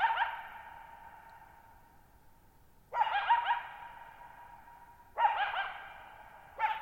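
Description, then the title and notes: Coyote barking and yipping in three sharp bursts with warbling notes, the earlier ones trailing off in a long echo. Lone coyote at night, July 14, 2019, near Thirtymile Meadows, Okanogan National Forest, Okanogan High Country, Pacific Northwest, 6400 ft (1950 m); high dry plateau with tall sharp mountains, shallow bowl-shaped meadows forming a natural amphitheater. "Lone Coyote at Thirtymile Meadows. I spent the night of July 14, 2019, camped near Thirtymile Meadows in the Okanogan National Forest at 6400 ft (1950 m)"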